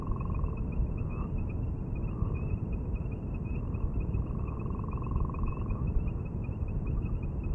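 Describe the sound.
Gopher frog giving pulsed, snoring calls, the longest from about four to six seconds, with a steady high insect-like trill in the background.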